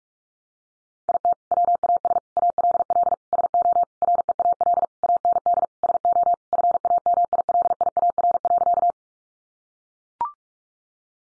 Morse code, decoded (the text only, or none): IT WAS ALL SO REAL AND SO FAMILIAR.